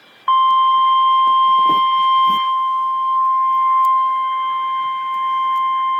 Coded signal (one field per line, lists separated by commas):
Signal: Emergency Alert System (SAME) tones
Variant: 1050 Hz attention tone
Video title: REAL EAS 629-Severe weather statement